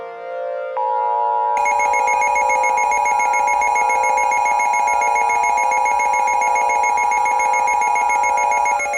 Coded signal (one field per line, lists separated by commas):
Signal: Emergency Alert System (SAME) tones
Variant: 853 and 960 Hz attention tone